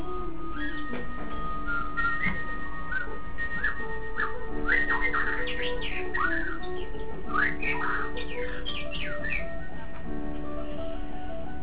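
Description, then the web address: Shama song, a rich run of varied whistles and buzzy slurred notes through the middle, against persistent low humming tones. Song labelled with the word meow. "shanlung song meow. shanlung shamasong"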